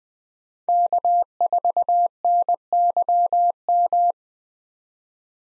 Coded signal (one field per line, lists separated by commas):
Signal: Morse code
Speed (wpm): 20 wpm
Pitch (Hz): 700 Hz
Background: none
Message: K4NYM